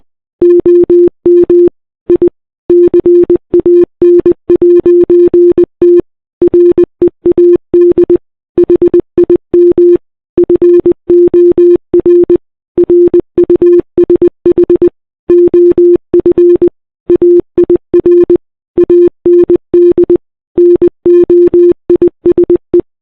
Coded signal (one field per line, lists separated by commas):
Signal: Morse code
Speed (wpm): 20 wpm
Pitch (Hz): 340 Hz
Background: none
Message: OM I CAN'T READ HIM FOR RUSH OF AIR AND NOISE